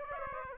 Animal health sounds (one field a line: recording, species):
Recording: mosquito wingbeat signal from an infrared sensor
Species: Aedes aegypti